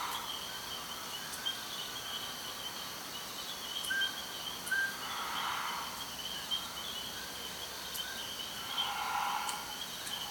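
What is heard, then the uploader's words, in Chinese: Birds and insects call over a steady hiss, with short chirps near four and five seconds, a few clicks, and soft rustles. 佛光大學宿舍落地窗旁。22:24。宜蘭縣佛光大學。Tascam DR-40x。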